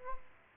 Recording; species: mosquito wingbeat signal from an infrared sensor; Aedes aegypti